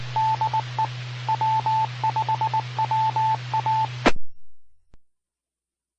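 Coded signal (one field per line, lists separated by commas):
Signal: Morse code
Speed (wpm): 19 wpm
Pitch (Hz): 880 Hz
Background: radio noise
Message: DE W5WA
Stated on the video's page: Repeater signal from Mississippi Gulf Coast repeaters.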